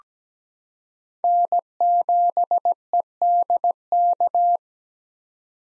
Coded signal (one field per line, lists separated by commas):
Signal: Morse code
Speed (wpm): 17 wpm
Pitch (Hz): 700 Hz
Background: none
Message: N7EDK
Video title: 2023 SOTA Chaser Call Signs - 17wpm